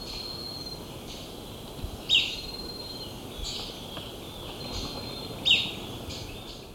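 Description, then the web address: Yellow-throated spadebill giving brief, high, downslurred call notes, two in this stretch roughly three seconds apart, over steady background noise. Recorded in Ecuador, South America. "S America Birds of Ecuador. Yellow-Throated Spadebill"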